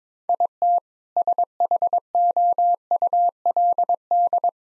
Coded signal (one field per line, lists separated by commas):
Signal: Morse code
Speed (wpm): 22 wpm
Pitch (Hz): 700 Hz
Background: none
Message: IT SHOULD